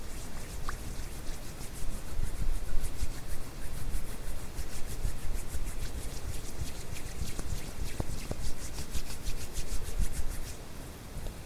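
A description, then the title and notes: Hands rub and brush steadily against one another over a constant hiss of white noise. The rubbing comes in quick, dense strokes with a bright, scratchy edge, slightly stronger around the second to fourth seconds, with a few sharper ticks near eight seconds. HAND SOUNDS ASMR NO TALKING, WHITE NOISE FOR SLEEPING, HAND SOUNDS WITH WHITE NOISE.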